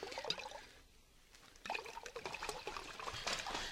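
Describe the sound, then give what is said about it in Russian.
Beer pours steadily into a mug, a bubbly, gurgling stream with fizzy splashes that builds in loudness after a brief lull, no voices present. “Вот сейчас мы с вами и отведаем по кружечке.”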